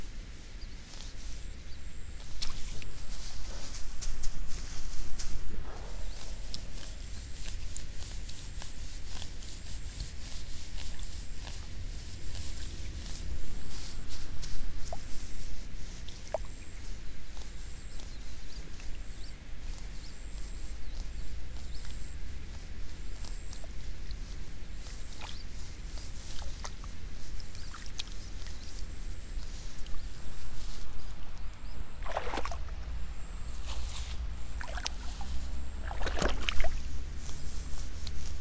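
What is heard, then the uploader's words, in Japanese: An afternoon outdoors where rice seedlings are being pulled, with insects beginning to call: a faint, high, pulsing buzz runs steadily throughout. A low outdoor rumble sits underneath, with scattered clicks and rustles, and brighter bird calls cluster near the end. イネ苗とり 午後 そろそろ虫の声。33℃\\18℃。晴れ。今季最後の苗とり。鳥の声の間には、虫の音が始まった。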